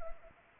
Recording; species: mosquito wingbeat signal from an infrared sensor; Anopheles arabiensis